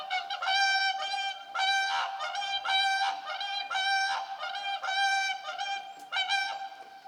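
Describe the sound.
Whooper swans trumpeting, loud nasal honks repeated nearly once a second.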